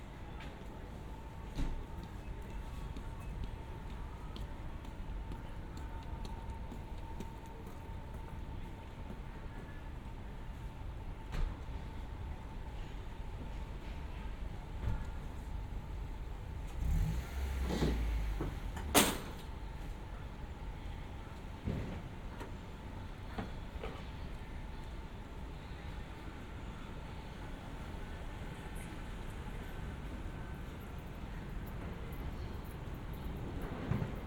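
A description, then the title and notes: A street walk through Shinbashi in Tokyo, with a steady low rumble of traffic running the whole way through. A thin high tone hums constantly, scattered clicks and faint voices appear, and around 17 to 19 seconds a louder burst and a sharp knock stand out. 3D AUDIO TOKYO WALKING - Shinbashi(新橋), Japan.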